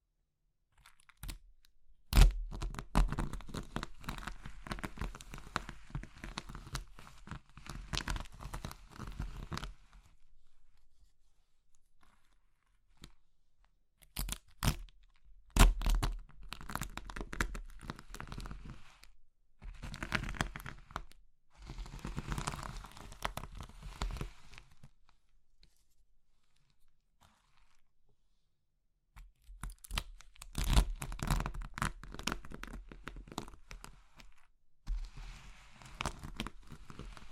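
Crumbly things like soap, chalk and meringue being crushed, in bursts of dense, gritty crunching and crinkling. Bursts run from about 1 to 10, 14 to 25 and 29 to 37 seconds, split by near-silent pauses, with sharp loud snaps near 2, 15, 30 and 35 seconds.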